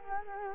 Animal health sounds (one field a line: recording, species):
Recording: mosquito wingbeat signal from an infrared sensor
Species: Culex quinquefasciatus